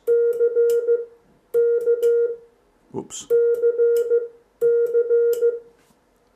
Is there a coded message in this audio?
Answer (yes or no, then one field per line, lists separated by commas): yes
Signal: Morse code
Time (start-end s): 0.1-5.5 s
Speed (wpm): 14 wpm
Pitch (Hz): 470 Hz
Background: speech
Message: CKCC